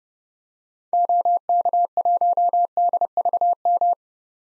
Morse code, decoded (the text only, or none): OK1DVM